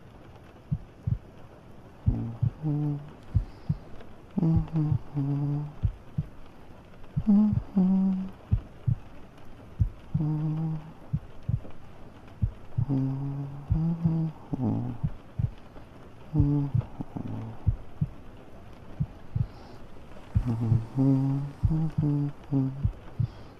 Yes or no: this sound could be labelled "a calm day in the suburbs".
no